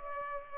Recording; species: mosquito wingbeat signal from an infrared sensor; Culex pipiens